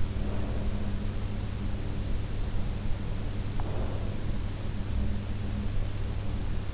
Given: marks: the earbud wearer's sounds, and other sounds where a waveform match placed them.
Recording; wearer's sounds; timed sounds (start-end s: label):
sounds in sleep by an in-ear microphone; breath
0.05-1.25 s: breath
3.32-4.61 s: breath